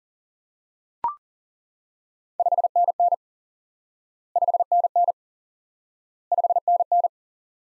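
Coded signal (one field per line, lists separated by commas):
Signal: Morse code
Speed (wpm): 40 wpm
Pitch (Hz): 700 Hz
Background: none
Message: 5NN 5NN 5NN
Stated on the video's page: Morse lesson drilling the single QSO element "5NN" repeatedly for instant word recognition practice.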